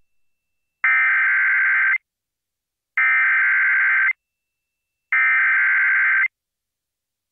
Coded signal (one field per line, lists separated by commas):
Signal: Emergency Alert System (SAME) tones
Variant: header bursts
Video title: WHO-AM COVERS THE TORNADOES... EAS Alerts from 5/21/24 (EAS #4,268 - 4,291)